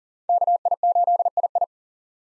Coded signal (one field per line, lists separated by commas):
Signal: Morse code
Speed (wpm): 40 wpm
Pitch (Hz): 700 Hz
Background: none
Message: KI8II